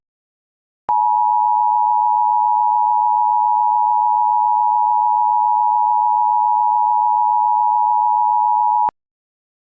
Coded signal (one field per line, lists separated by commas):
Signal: Emergency Alert System (SAME) tones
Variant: 853 and 960 Hz attention tone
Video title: EAS & TWC simulacion - Eeh... es 2010, por que no está tom? (Con DECTALK paul)